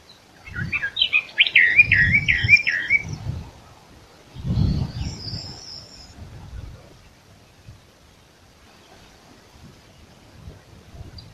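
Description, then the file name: Eastern Orphean Warbler singing one fluent phrase of looping, repeated warbled notes lasting about two seconds, followed by a thin high whistle and low rumbling background. "sylvia crassirostris song"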